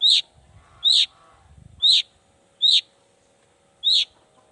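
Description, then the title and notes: Long-tailed shrike loud high calls, five short notes spaced about a second apart, with a faint low rumble. Cendet song with toet toet variations, in the morning; described as lively and calling to provoke other shrikes to answer. "Cendet Gacor Dor Di Kala Pagi Toet Toet Variasi Suara. Cendet Gacor Pagi Hari Biangnya Bikin Cendet Manapun Langsung On Nyaut Buka Materi. Burung cendet"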